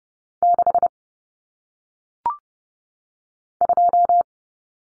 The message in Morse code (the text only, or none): 6 2